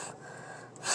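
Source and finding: Adult woman. Hiccups.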